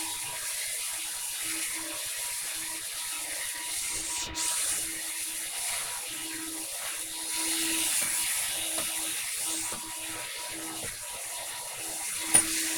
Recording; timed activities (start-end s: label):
household activities, microphone on the right wrist
0.00-12.78 s: vacuum cleaning